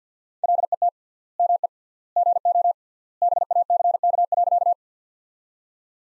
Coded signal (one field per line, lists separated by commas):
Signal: Morse code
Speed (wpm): 50 wpm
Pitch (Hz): 700 Hz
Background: none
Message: LET ME GO BACK.